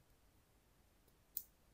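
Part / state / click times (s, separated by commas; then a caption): watch strap end into smartwatch band slot / seated / 1.4 s. A watch strap end is slid into the band slot of an Apple Watch fitted with a Rhinoshield plastic bumper case until it locks. Against near silence, a single short, bright click is heard at 1.4 seconds. The strap is seated and locked in place.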